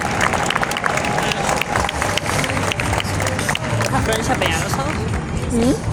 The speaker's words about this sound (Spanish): Bueno, muy fuerte el aplauso para la celebración y la firma de este convenio.